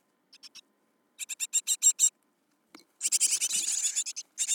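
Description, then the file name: Great tit soft ticks followed by harsh rattling bursts and a longer buzzy churr, with a brief rustle midway. "Parus major"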